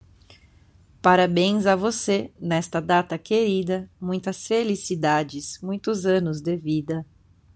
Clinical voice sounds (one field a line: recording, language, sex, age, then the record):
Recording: short text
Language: Brazilian Portuguese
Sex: female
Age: 20 to 29 years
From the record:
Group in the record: control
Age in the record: 24 years